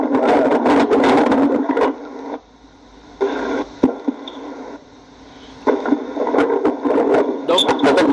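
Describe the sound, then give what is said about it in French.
Muffled noise from inside a car, where a caller is sitting, comes through his narrow, tinny phone line as a steady rumbling hiss, with indistinct voices rising over it and briefly dropping away midway before returning. “Ferme ton micro parce qu'il y a le bruit là-bas.”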